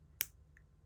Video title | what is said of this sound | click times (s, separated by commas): Pre period storage | You literally just hold it right there, and then you click it until you hear the click. | 0.2 s